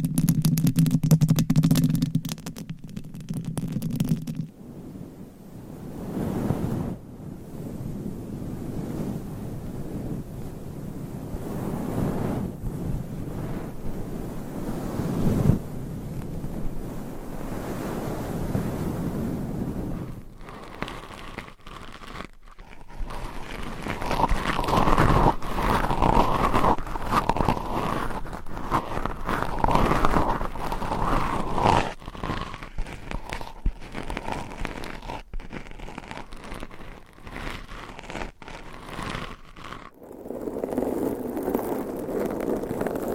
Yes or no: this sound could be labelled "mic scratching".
yes